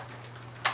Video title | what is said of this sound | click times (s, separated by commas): Unboxing Sofbox von SMDV Diffusor 60 mobile Softbox (Deutsch / German) /Entfesselt blitzen | klappt dann richtig rasterisch ein. Man hört das. Klack. | 0.7 s